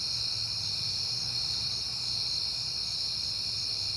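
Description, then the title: A shrill, unbroken cricket chorus fills the short stretch, with a low steady hum beneath. Crickets on a peaceful night in September. "Night Time: Crickets and Passing Cars"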